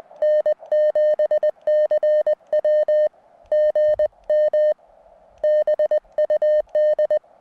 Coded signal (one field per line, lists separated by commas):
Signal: Morse code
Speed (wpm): 20 wpm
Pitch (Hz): 610 Hz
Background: none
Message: N7CW GM BUD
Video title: Out-of-State SOTA activation - Bridger Peak